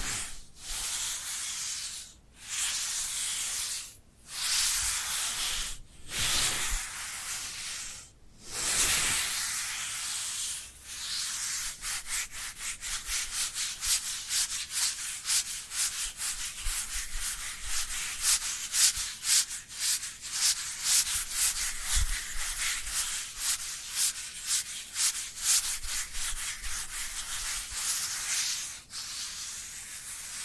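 Dry hands rubbing together, starting with slow separate strokes roughly every two seconds, each a bright scratchy swish with short pauses between. After about ten seconds the rubbing turns continuous and quicker, a dense, rapid papery scraping that flickers steadily to the end.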